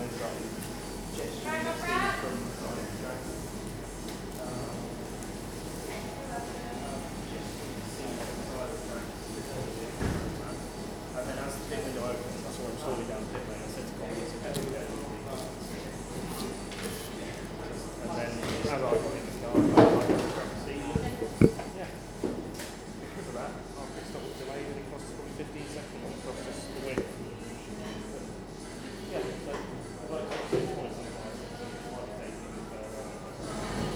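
Inside a coffee shop in the evening, a steady murmur of overlapping voices fills the room, with a low hum underneath. Occasional clatter and thuds break through, including a sharp knock at about ten seconds and a busier burst of clinks around twenty seconds.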